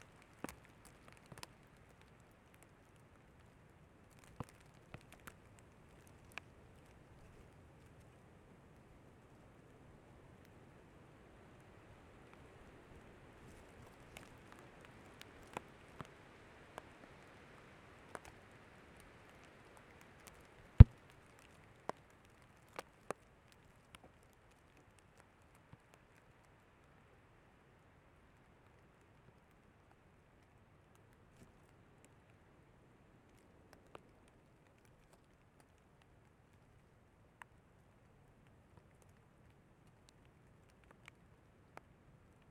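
Rain ticks and taps directly on an unshielded microphone over a low soft hiss, with scattered sharp hits and one loud knock near the middle.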